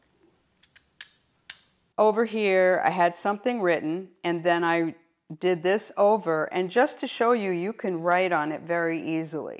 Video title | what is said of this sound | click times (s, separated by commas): Cloth and Paper Sub Box: October 2023 Annotation Sneaks And Best HACKS | know so what you want to do is open it until you hear that click okay so | 1.5 s